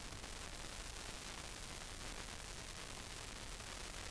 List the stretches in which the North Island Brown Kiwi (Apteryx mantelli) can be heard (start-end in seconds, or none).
none